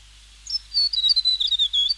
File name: south island tomtit song